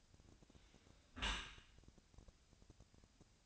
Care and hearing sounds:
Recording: daily activity, microphone in the room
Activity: close dishwasher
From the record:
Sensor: 2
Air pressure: 1000.3 hPa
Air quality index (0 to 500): 163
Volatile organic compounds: 3 ppm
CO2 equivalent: 1353 ppm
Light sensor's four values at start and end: 11/31/12/14 and 11/31/12/14

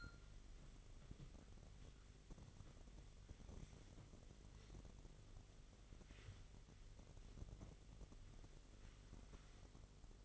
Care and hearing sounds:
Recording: daily activity, microphone in the room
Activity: wipe stove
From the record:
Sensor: 4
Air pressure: 1004.1 hPa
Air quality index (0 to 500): 158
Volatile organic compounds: 2 ppm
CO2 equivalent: 1121 ppm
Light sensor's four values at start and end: 12/29/12/13 and 12/28/12/12

